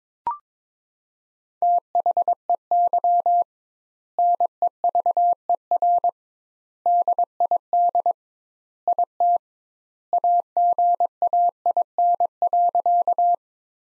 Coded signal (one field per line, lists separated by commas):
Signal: Morse code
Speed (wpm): 21 wpm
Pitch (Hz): 700 Hz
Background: none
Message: THEY NEVER DID IT AGAIN.